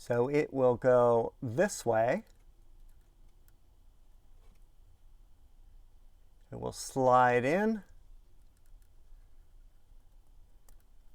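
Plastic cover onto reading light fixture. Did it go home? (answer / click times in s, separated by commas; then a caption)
yes / 10.7 s. Someone talks while a plastic cover is slid onto a rear reading light fixture of a Fisker Ocean. After a quiet pause, a faint, sharp click is heard at 10.7 s as the cover snaps into place and is seated.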